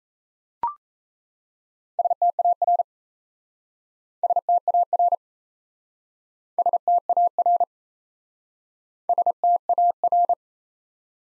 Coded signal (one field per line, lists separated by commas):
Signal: Morse code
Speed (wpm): 39 wpm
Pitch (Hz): 700 Hz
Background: none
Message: STAR STAR STAR STAR